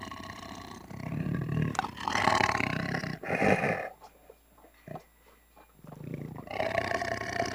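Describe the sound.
Tiger producing rumbling, rasping growls that swell and fade, with a quieter stretch of faint clicks before the growling resumes.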